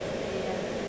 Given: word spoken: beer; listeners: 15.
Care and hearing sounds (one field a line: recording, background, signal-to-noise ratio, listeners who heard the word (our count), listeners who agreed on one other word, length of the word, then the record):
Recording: one English word in noise, from a listening test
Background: speech-shaped noise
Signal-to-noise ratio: -6.1 dB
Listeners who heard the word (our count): 0 of 15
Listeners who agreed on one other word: 7 of 15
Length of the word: 0.48 s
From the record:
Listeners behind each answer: 7, 3, 2, 1, 1, 1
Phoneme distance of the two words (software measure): 10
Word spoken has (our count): 1 syllable, 2 phonemes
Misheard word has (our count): 1 syllable, 2 phonemes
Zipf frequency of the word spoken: 4.47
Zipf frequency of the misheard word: 4.84